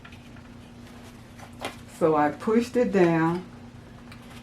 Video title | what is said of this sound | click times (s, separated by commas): How to be FEARLESS hooping caps - PART 1 | you can hear the clicking | 0.0 s, 1.7 s